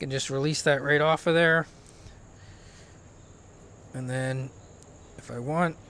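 Someone talks while handling the detachable belt buckle clip of a Kydex knife sheath, which has just been released from its mount and is about to be pushed back in. A faint steady high-pitched tone runs underneath, with a quiet pause between the bursts of speech. Nothing has seated or clicked yet.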